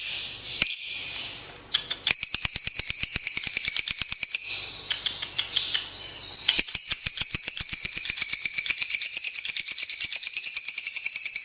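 Lovebird chattering, a steady stream of high, thin squeaks and twitters over a fast, clicking rattle that pauses briefly a few times.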